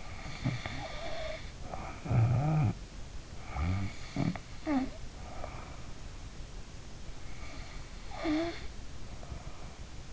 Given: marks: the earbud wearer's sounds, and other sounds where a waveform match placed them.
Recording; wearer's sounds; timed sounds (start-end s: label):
sounds in sleep by an in-ear microphone; snoring breath
0.00-2.81 s: snoring breath
3.41-6.04 s: snoring breath
7.36-10.13 s: snoring breath